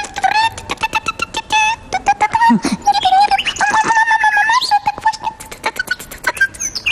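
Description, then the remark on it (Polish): A nightingale sings in the morning, a varied, unbroken stream of sustained whistled notes mixed with rapid clicking trills and sharp chirps, fairly loud and with no talking over it. “To śpiew słowika o poranku.”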